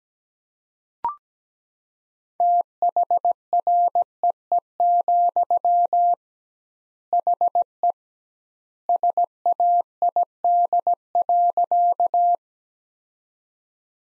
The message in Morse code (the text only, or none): THREE, HE SAID.